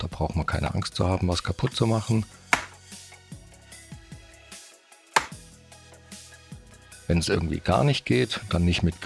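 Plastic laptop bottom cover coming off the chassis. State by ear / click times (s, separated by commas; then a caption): released / 2.5 s, 5.2 s. The plastic bottom cover of an Acer Aspire 3 (A315-56) laptop is pried up and wiggled off the chassis, and someone talks before and after. Two sharp cracks at 2.5 s and 5.2 s mark its plastic clips popping out of their recesses, with softer creaks between them. This cracking is normal, and the cover comes loose.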